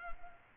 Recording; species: mosquito wingbeat signal from an infrared sensor; Culex quinquefasciatus